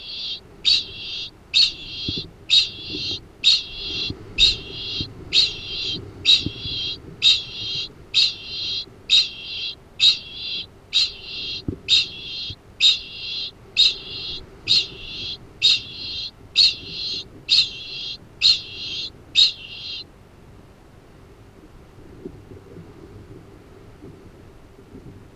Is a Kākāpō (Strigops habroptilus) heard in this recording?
yes